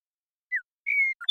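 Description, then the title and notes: Western meadowlark song opening: a short downslurred whistle, a longer level whistle, then the start of a quick high burst, cut off. Song, contact calls and flush; Pacific Northwest, Washington, United States. "Western Meadowlark, Sturnella neglecta, song, contact calls, and flush, family: Troupials and Allies Pacific Northwest in Washington, United States"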